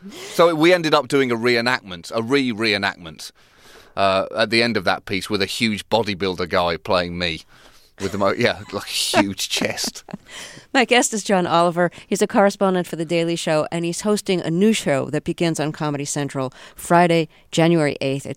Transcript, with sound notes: So, we ended up doing a reenactment, a re-reenactment at the end of that piece with a huge bodybuilder guy playing me with a more - yeah, look a huge chest. (Soundbite of laughter) My guest is John Oliver. He's a correspondent for "The Daily Show," and he's hosting a new show that begins on Comedy Central Friday, January 8th.